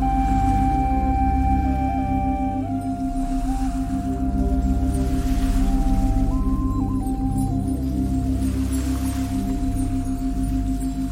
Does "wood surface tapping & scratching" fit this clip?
no